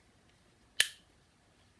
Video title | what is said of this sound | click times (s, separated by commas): 402. Working on a Craftsman lawn mower of a coworker￼￼. | you hear that snap in | 0.8 s